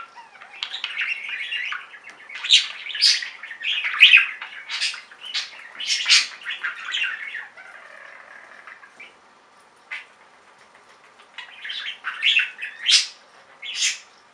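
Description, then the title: Budgerigar chattering in a lively run of scratchy chirps and clicks, a quiet gap, then more sharp chirps. "Budgie Sounds"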